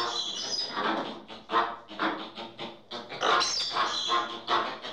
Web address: bird flamingo american flamingo calls